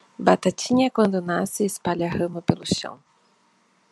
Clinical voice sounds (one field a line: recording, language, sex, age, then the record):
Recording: short text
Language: Brazilian Portuguese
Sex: female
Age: 20 to 29 years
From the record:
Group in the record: control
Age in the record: 27 years